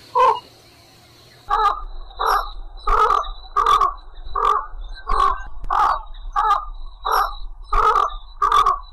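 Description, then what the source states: Little egret giving harsh, croaking calls: a single call, a pause, then a series in quick succession, each a short rasping burst. Calling the flock.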